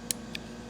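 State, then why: Seated. A thumb safety lever on the side of a .22 rimfire pistol frame is flicked with the thumb and snaps into its detent position, though it's unclear whether the safety is being engaged or released for firing. A very slight, sharp click is heard at 0.1 s, then a fainter tick at 0.4 s over a low steady hum. The safety seats into position with the click at 0.1 s.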